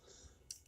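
A hinged plastic hand on a Studio Series Barricade action figure is closed into a fist, giving a sharp click at 0.5 s that shows it has seated, followed by a faint tick at 0.7 s. It has to click closed, because a fist left open makes the transformation more obnoxious than normal. No one talks during the clip.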